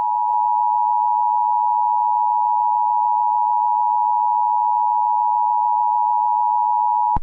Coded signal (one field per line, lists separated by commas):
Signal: Emergency Alert System (SAME) tones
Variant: 853 and 960 Hz attention tone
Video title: EAS scenario 8: among us